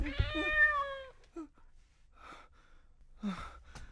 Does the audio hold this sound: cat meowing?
yes